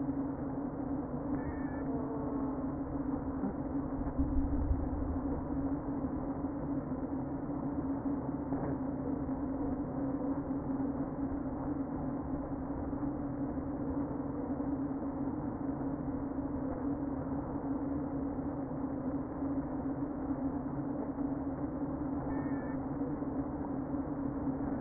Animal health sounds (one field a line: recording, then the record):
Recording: honeybee colony, microphone inside the hive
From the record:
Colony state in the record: queen present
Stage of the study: before two queens were removed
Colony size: about 60,000 bees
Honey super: yes